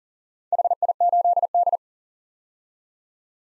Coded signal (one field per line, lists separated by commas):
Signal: Morse code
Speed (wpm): 37 wpm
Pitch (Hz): 700 Hz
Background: none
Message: HI8D